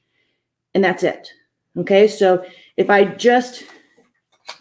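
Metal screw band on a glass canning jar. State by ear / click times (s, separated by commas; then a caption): seated / 4.5 s. A metal screw band is spun onto a glass canning jar while a flat lid is held centered with a fingertip, until the band's thread catches on the jar's thread. Someone talks through most of the clip, then a short, sharp tick is heard at 4.5 seconds as the thread catches and the ring seats.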